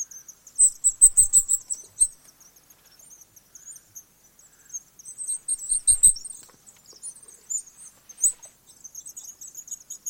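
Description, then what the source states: House swift calls, two strong bursts of shrill trilling chatter separated by quieter scattered twitters. Adult birds.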